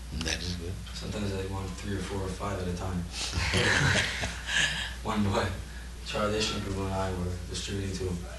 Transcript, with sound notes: That is good. Sometimes they want three or four or five at a time. [Prabhupāda chuckles] One boy... Cārudeṣṇa Prabhu and I were distributing to him.